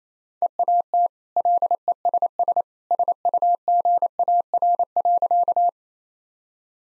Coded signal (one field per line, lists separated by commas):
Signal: Morse code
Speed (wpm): 28 wpm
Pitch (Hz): 700 Hz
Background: none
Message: EAT LESS SUGAR.